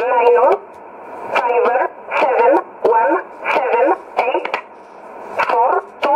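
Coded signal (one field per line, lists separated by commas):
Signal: numbers station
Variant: E11 Oblique, English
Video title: 12 06 2017 Numbers station E11 Oblique in English to Eu 0754 on 9610 in USB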